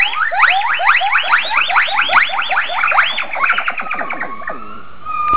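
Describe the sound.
Gibbon calling in a rapid series of rising, swooping hoots, then settling into sustained tones near the end.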